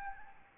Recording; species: mosquito wingbeat signal from an infrared sensor; Aedes albopictus